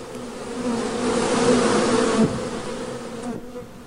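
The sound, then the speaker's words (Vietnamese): Loud, continuous buzzing of a swarm of monster mosquitoes flying out of the darkness, too many to count, a dense droning hum with steady low tones that swells in the middle and eases slightly toward the end, with no voices. “Phía bóng tối thăm thẳm kia, những tiếng vù vù vang lên chói tai, khiến cho người ta không thể nào đoán biết được bọn chúng rốt cuộc là có bao nhiêu con.”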